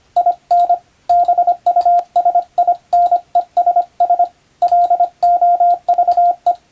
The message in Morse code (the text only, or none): IN BUSINESS LOVE